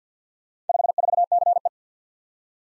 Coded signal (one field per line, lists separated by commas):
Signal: Morse code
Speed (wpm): 48 wpm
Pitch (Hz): 700 Hz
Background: none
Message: 54CE